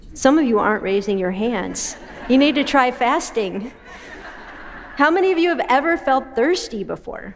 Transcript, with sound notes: Some of you aren’t raising your hands. You need to try fasting. (laughter) How many of you have ever felt thirsty before?